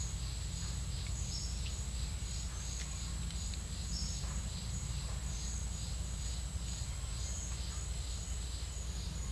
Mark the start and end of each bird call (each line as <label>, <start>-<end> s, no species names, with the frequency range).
bird call (3.8-5.6 kHz), 1.26-1.71 s
bird call (3.7-5.8 kHz), 3.82-4.31 s